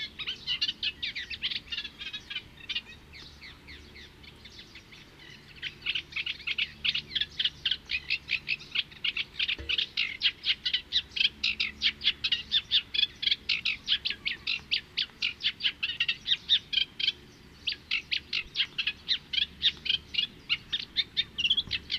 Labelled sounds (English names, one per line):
Eurasian Reed Warbler song